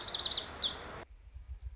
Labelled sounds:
Lazuli Bunting
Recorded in Sonoma County, California

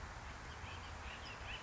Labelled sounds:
Acorn Woodpecker
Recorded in Sonoma County, California

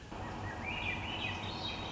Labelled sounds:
Swainson's Thrush
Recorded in Sonoma County, California

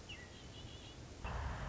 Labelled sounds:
Red-winged Blackbird
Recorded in Sonoma County, California

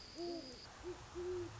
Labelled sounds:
Great Horned Owl
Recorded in Sonoma County, California

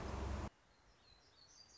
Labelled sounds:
Song Sparrow
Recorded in Sonoma County, California

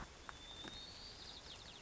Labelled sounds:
White-crowned Sparrow
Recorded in Sonoma County, California

